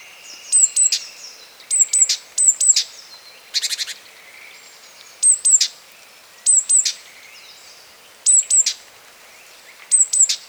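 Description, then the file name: Great tit calling in quick clusters of thin, high, downslurred notes, repeated every one to two seconds, with a brief buzzy rattle in between and softer birdsong underneath. "Parus major"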